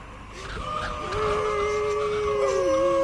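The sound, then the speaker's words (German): A pack of hounds howl together as they hunt, their long, wavering cries overlapping and sliding up and down in pitch over a steady background rumble, growing slightly louder as they go on. “Die Hunde haben uns gefunden.”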